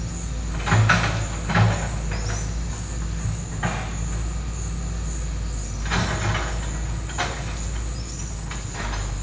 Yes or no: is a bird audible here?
yes